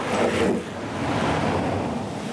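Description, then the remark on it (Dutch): Solo time-trial racing cyclists, whose race starts in the village of Changé, whiz past on a quiet road through greenery in a brief, loud rushing whoosh during the first half-second, followed by a steady, windy hiss as the sound carries on without any voices. “Daarna kom je soms op verlaten wegen in het groen en hoor je ze voorbij zoeven.”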